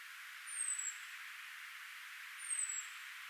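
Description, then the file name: European robin uttering two thin, high, falling whistled calls about two seconds apart over a low hiss. "Erithacus rubecula"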